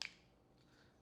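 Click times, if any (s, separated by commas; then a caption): 0.0 s. A brush roller bar is lined up in the middle of a Roomba i3 robot vacuum's cleaning head and pushed down by hand. A single sharp snap is heard at 0.0 s, followed by a quiet tail. The bar is seated in place.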